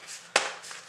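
A cleansing brush head is pulled out of its plastic holder, giving one sharp snap at 0.4 s as it pops free and is released. Only faint background noise is heard before and after the snap.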